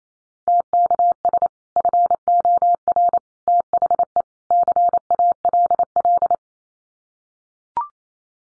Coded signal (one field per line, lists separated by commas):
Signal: Morse code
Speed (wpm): 28 wpm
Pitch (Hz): 700 Hz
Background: none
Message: TKS FOR THE CALL